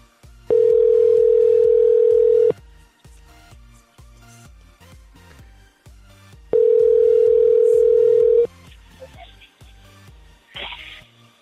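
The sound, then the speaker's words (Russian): Telephone ringback tone after a number is dialed: two long, steady mid-pitched beeps, each about two seconds, separated by a four-second pause, over a faint rhythmic thumping background. “сейчас гудки идут.”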